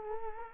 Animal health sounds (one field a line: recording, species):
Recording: mosquito wingbeat signal from an infrared sensor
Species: Culex quinquefasciatus